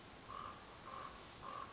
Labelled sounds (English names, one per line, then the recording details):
Common Raven
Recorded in Sonoma County, California